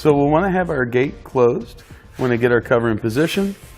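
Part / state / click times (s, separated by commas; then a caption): soft tonneau cover latch onto pickup bed rail / not seated / none. Someone talks while a soft TruXedo Pro X15 tonneau cover is handled into position at the tailgate end of a pickup truck bed, before it is pressed down for its latch to catch on the bed rail. A sharp, short hit lands right at the end, around 3.8 s, but nothing has seated or clicked yet.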